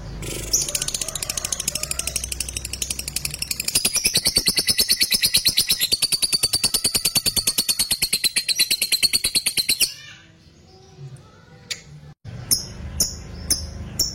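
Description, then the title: Lovebird song, a long rapid chatter of high, harsh repeated notes lasting about ten seconds, followed by a pause and a few separate sharp chirps. Lovebird said to be very good at 'memancing', provoking other birds to call. "Dari Gayanya Lovebird Ini Terlihat Pintar Sekali Memancing"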